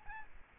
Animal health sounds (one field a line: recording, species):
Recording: mosquito wingbeat signal from an infrared sensor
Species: Aedes albopictus